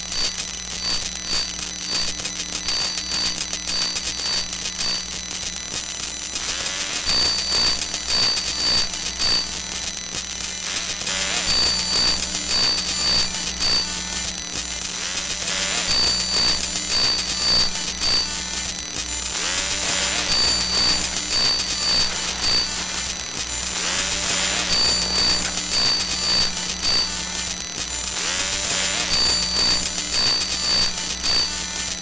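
Electromagnetic fields from a mobile phone and small electronics, made audible as a steady low hum under dense, hissing static. Bursts of rapid, high beeping pulses come in a regular cycle about every four to five seconds, like an electronic alarm.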